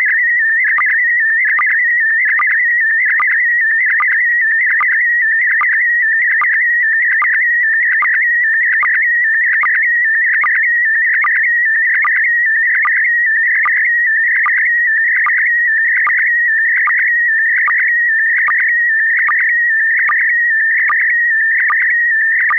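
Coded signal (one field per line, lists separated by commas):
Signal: SSTV (slow-scan television)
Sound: warbling, chirping tone shifting in pitch, with a short low blip roughly every 0.8 seconds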